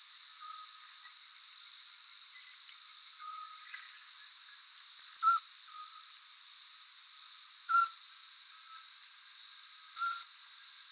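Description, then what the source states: Eurasian scops owl repeating brief, clear whistled pew notes about every two and a half seconds against a constant high-pitched insect drone. Typical pew territorial call; 2 June 2003, 10 p.m., near Magliano in Toscana, Italy, 130 m; perched on a big oak answering another distant scops owl; cultivated fields, scattered trees near a wood.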